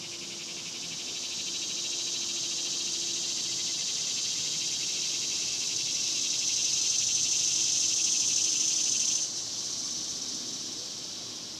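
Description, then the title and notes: Cicadas giving a continuous high buzzing drone that swells midway and drops slightly near the end, with a steady pulsing texture. Daytime cicadas recorded outdoors in a cemetery in summer. "Ext, Daytime Cicadas, Cemetery, Summer by Bandeto"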